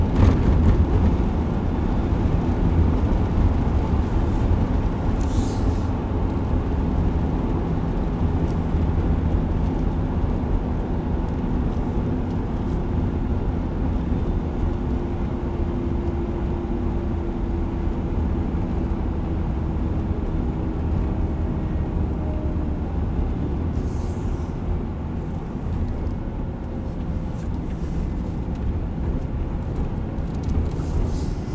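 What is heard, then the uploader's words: Road noise from inside a moving car fills the whole stretch, a steady, dense low rumble that barely changes in level. Brief bright hissing bursts break through around five seconds and again near twenty-four and toward the end. Driving to South Mountain in Phoenix, Arizona.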